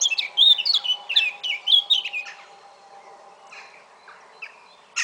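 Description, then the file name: Eurasian blackcap song: a quick burst of clear warbled phrases, then quieter scattered notes and a final chirp, with a faint steady hum. "Sylvia atricapilla"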